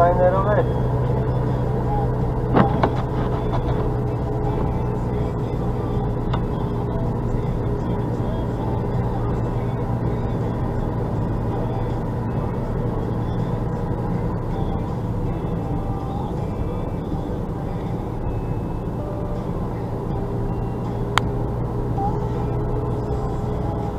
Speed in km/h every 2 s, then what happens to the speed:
49, 49, 48, 46, 47, 46, 46, 44, 43, 43, 45, 47.
0-24 steady at about 46.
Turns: none.